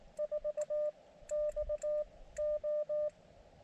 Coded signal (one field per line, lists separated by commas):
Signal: Morse code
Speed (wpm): 19 wpm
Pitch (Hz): 600 Hz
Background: radio noise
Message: 4 X O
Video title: Elecraft KX2 POTA on 17m - migraines and hiking don’t mix